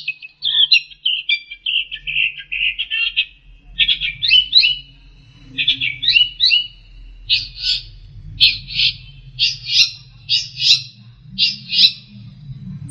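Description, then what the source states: Long-tailed shrike song: a varied run of chirps, short harsh notes and rapid bursts, choppier in its second half, over a low steady hum. Master song for training songbirds.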